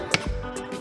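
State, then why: Seated. A new side view mirror base for a 2010–2013 Buick LaCrosse is pushed into the car door, its plastic locating pin going into the door hole. A sharp click at 0.1 s marks the base snapping into place, followed by fainter ticks and a low thump. The mirror base is seated in the door.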